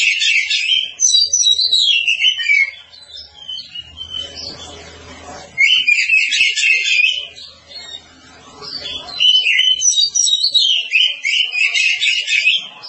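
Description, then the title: Oriental magpie-robin song: loud bursts of varied whistled and scratchy phrases, high and fast, broken by short quieter gaps, with a faint low hum underneath. Long-duration recording. "Kacer"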